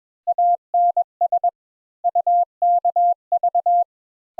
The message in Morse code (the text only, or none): ANS UKV